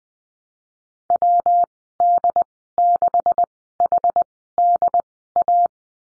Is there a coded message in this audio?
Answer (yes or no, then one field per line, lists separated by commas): yes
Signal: Morse code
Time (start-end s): 1.1-5.7 s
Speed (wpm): 20 wpm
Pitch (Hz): 700 Hz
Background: none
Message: WD6HDA